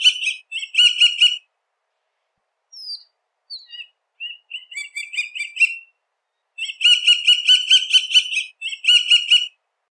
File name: Canto-do-Gavião-Carijó